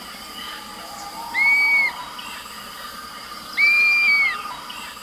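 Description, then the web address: Dusky-capped flycatcher dawn song: two clear, slurred whistles, each roughly half a second to a second long and gently arched, spaced roughly two seconds apart over a steady high background drone. Dawn song, recorded at dawn in the eastern lowlands of South America. "Natures Songs S America Eastern Lowlands. Myiarchus tuberculifer, dawn song"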